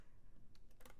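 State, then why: Seated. An outer metal cutting die for the main base of a shaker tag is fitted around a die-cut card template piece. Sharp clicks are heard at 0.8, 0.9 and 0.9 seconds as the die clicks into place around the template.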